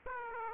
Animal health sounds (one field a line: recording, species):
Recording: mosquito wingbeat signal from an infrared sensor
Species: Aedes aegypti